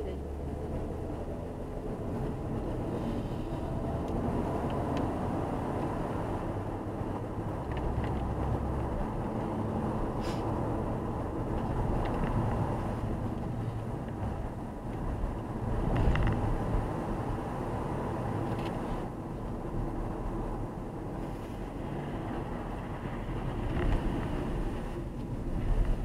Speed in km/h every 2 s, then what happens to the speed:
53, 60, 67, 71, 74, 75, 73, 70, 68, 67, 63, 54, 41.
0-7 speeds up to 74. 10-26 slows to 41.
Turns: none.